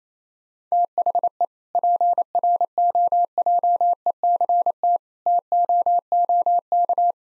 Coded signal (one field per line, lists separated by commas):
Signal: Morse code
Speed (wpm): 28 wpm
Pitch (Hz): 700 Hz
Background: none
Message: THE PROJECT TOOK